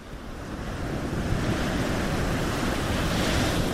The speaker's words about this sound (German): Es sind die größten Wellen, die man je auf dem Festlandsockel vor Neuschottland gemessen hat. Es sind mit die größten Wellen, die man überhaupt je auf der Welt gemessen hat.